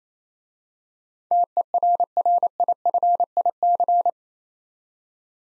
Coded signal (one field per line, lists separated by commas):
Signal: Morse code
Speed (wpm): 29 wpm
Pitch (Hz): 700 Hz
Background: none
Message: TERRIFIC